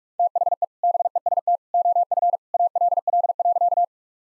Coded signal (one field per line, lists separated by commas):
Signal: Morse code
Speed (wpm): 46 wpm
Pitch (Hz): 700 Hz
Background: none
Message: THE BEST OF ALL.